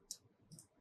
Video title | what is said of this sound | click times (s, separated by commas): How To Adjust Rolex Time and Date (2025) - Step by Step | once it clicks once now you will be able to scroll up and down using this knob. | 0.1 s